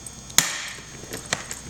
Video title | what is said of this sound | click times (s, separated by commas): Wheel Attachment for Vessix Bag | and then you'll just simply squeeze the trigger on the rib again until you hear the clicking noise you do | 0.4 s